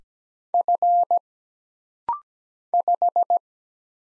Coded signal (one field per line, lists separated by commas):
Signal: Morse code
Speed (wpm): 17 wpm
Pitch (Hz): 700 Hz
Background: none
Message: F 5